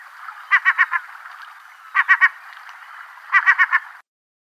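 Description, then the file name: Herring gull giving short, harsh clipped notes in tight bursts of three or four, three bursts spread over four seconds, against a faint hiss. "CHajka serebristaja"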